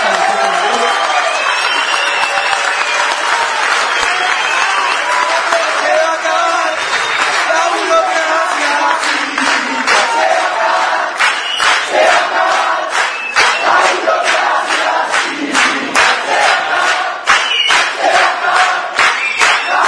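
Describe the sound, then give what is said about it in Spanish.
A large crowd of fellow workers at a gathering claps and cheers continuously for a colleague's reinstatement, with dense overlapping applause and shouting voices that swell and hold at a loud, steady level throughout. “Compañeros, antes de arrancar la actividad queríamos hacer mención a dos o tres cositas que sucedieron en los últimos días y que para nosotros son muy importantes y merecen un aplauso.”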